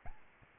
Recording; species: mosquito wingbeat signal from an infrared sensor; Aedes albopictus